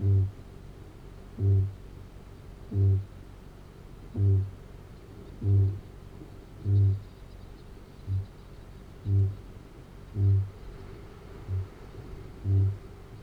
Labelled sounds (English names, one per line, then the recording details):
Kākāpō boom
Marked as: faintness 2/5
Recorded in New Zealand
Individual Arab